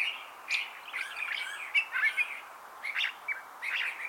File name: Toxostoma redivivum - California Thrasher